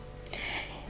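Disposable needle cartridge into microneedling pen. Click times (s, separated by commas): 0.3 s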